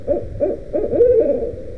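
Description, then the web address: Barred owl hooting, a series of low, muffled hoots in an uneven rhythm. Wild barred owls, more than one bird. "soundswild barred owls"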